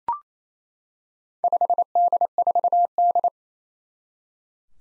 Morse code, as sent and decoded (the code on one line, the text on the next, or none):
..... -.. ....- -..
5D4D